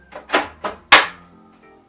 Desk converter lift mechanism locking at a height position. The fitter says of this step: it takes just the lightest pull clicks